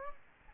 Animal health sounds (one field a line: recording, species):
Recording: mosquito wingbeat signal from an infrared sensor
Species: Aedes albopictus